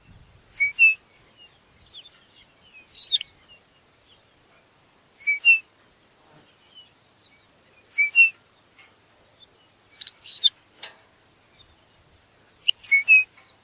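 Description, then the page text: Lapland longspur calls: a pair of clear whistled notes with sharp high ticks, repeated several times. "Ryan P. O'Donnell - Лапландский подорожник (Calcarius lapponicus)"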